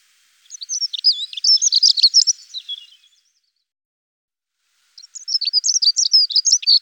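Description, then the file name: Dunnock song in high, quick, wavering notes: one jumbled phrase of roughly two and a half seconds, a pause, then another phrase beginning before the end. "Heckenbraunelle"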